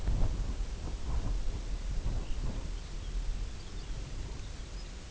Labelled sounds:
Red Phalarope
unidentified sound
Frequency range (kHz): Red Phalarope 1.9-3.9 kHz
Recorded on Arctic tundra, site UTQI-0, on 16 June 2019
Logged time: 20:00

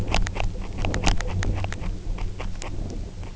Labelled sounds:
none
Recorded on Arctic tundra, site UTQI-0, on 29 June 2018
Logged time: 08:00

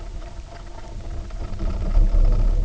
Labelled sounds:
none
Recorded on Arctic tundra, site UTQI-0, on 19 June 2018
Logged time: 02:00

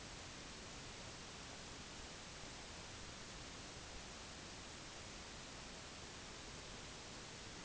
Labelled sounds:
none
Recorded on Arctic tundra, site NAIT-1, on 30 June 2019
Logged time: 06:00

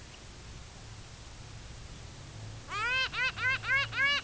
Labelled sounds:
unidentified sound
Pomarine Jaeger
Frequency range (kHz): Pomarine Jaeger 0.2-6.0 kHz
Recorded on Arctic tundra, site UTQI-2, on 16 June 2019
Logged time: 10:00

